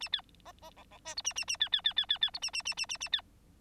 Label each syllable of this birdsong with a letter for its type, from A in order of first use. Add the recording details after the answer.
A B C C D D E F A A A B B B B B B F A A A A A A B. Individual Bird9